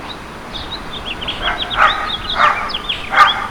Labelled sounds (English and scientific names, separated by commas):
House Finch (Haemorhous mexicanus) song